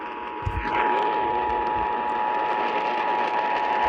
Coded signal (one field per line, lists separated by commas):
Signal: Emergency Alert System (SAME) tones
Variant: 853 and 960 Hz attention tone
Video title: EAS #3778-3779 Flash Flood Warning on WSJP-AM and WTMJ-AM